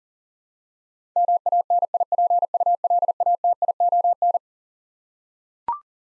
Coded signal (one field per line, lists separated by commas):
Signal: Morse code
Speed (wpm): 40 wpm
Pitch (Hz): 700 Hz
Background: none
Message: MANIPULATION